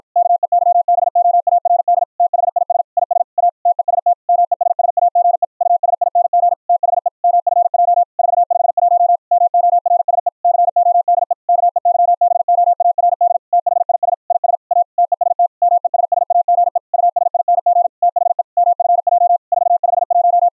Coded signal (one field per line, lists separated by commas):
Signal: Morse code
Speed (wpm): 53 wpm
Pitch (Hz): 700 Hz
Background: none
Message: KEYBOARD THIS IS A TEST MESSAGE USING THE MFJ 451 MORSE CODE KEYBOARD THIS IS A TEST MESSAGE USING THE MFJ 451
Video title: The CW RE-Keyer System - a harsh 555 square wave IN - pure sine wave OUT - with Raised Cosine edges